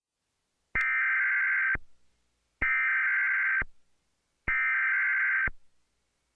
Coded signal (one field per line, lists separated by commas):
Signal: Emergency Alert System (SAME) tones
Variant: header bursts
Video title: EAS Re-creation | Fretful Fairbanks (6/2/2019)